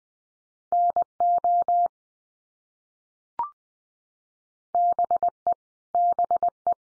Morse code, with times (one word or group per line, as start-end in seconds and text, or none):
0.7-1.9 NO
4.7-5.5 BE
5.9-6.7 BE